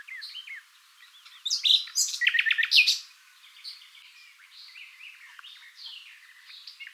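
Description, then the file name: Common nightingale: songbird phrase of fast, loud repeated notes and buzzy elements lasting about a second and a half, followed by soft, scattered chirps. "Luscinia megarhynchos"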